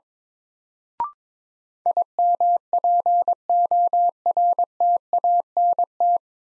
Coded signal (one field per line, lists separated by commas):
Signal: Morse code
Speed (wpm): 22 wpm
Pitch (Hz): 700 Hz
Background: none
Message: IMPORTANT